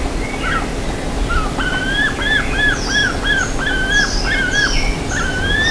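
Bird calls: a short quiet start, then a run of arched whistled notes in quick succession, with higher chirps joining, over a steady hum.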